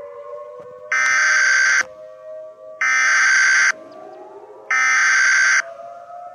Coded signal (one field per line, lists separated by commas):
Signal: Emergency Alert System (SAME) tones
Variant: header bursts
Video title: EAS Scenario The Moon Revolution